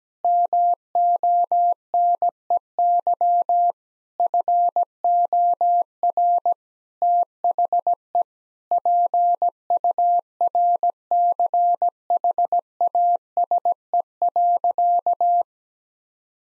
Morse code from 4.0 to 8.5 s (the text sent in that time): FOR THE